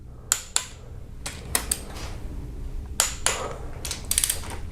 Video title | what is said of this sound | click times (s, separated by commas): HYUNDAI SONATA CAMSHAFT CAPS BEARINGS TORQUE SPECS BOLT SEQUENCE | it will be more pronounced click louder | 0.3 s, 3.0 s